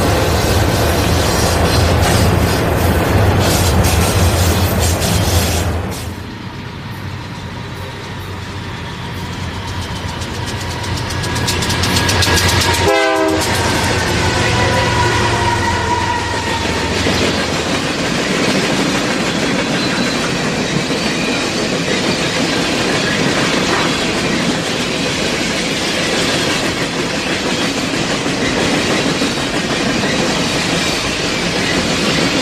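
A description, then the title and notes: A train rumbles along the tracks, a dense, steady low roar that eases around six seconds, then swells again. Near thirteen seconds a sharp metallic squeal cuts through briefly, and the heavy, rolling rumble carries on loudly to the end. Train On Tracks.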